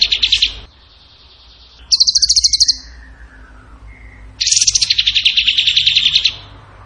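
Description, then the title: Bird song of rapid high trills: a short burst, a steady buzzy trill, then a longer pulsing trill, with a faint soft whistle between. Bird song in the gacor tembakan style, for masteran (training). "Masteran Burung Tembakan Gacor"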